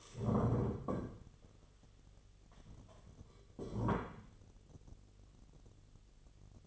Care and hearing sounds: daily activity, microphone in the room; stand up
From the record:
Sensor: 4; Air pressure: 1016.1 hPa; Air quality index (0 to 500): 186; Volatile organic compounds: 9 ppm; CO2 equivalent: 2126 ppm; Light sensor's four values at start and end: 9/20/8/7 and 9/20/8/7

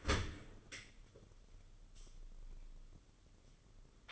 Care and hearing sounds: daily activity, microphone in the room; open dishwasher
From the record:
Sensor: 4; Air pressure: 995.3 hPa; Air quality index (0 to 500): 213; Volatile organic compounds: 241 ppm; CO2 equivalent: 4336 ppm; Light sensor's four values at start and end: 36/111/42/46 and 35/110/41/46

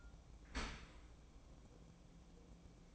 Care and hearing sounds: daily activity, microphone in the room; open dishwasher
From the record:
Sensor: 1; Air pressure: 1012.4 hPa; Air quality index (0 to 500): 171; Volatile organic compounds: 3 ppm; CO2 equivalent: 1397 ppm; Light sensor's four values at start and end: 342/787/347/381 and 341/785/346/380

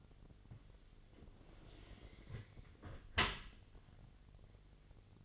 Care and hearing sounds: daily activity, microphone in the room; close dishwasher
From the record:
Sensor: 4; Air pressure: 1007.5 hPa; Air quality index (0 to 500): 200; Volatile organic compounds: 7 ppm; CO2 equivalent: 1990 ppm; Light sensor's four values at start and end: 22/70/27/26 and 22/70/27/26

